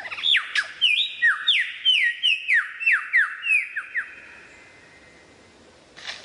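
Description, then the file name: Lyrebird song: a rapid series of many loud descending whistled notes, then quiet with a brief noisy burst. Song variations. "suara lyrebird variasi"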